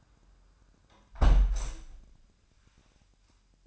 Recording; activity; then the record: daily activity, microphone in the room; close window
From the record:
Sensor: 2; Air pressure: 998.5 hPa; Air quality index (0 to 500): 126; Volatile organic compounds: 3 ppm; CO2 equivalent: 1424 ppm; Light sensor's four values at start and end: 6/15/6/7 and 6/14/6/6